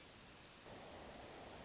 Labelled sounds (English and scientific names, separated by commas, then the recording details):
Hermit Thrush (Catharus guttatus)
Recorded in Sonoma County, California